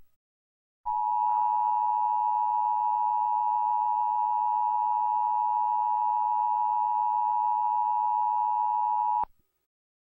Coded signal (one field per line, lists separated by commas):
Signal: Emergency Alert System (SAME) tones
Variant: 853 and 960 Hz attention tone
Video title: (BIRTHDAY SPECIAL) EAS Scenario: Coronavirus Has Tooken Over